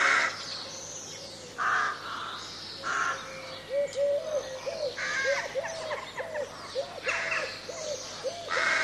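Crows giving a few harsh caws, then a run of lower arched ringing notes repeated steadily beneath further caws.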